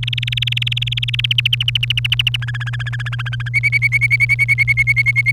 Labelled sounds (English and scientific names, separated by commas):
Domestic Canary (Serinus canaria) song